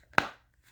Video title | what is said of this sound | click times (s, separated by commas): Llermuss Earmuffs Review & Internal Material Mod | that click it's in place same for the other pad | 0.2 s